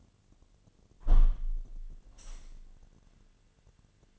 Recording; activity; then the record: daily activity, microphone in the room; close window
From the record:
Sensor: 4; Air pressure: 1007.3 hPa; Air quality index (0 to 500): 196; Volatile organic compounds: 7 ppm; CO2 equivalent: 1952 ppm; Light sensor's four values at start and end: 23/73/28/27 and 23/73/28/27